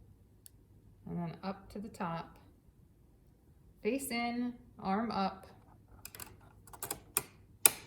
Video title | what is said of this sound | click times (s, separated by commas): Threading the Machine | till it snaps. | 7.2 s, 7.7 s